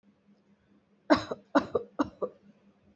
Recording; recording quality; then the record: heavy voluntary cough; excellent, no background noise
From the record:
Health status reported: healthy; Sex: female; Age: 34 years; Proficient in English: yes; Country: India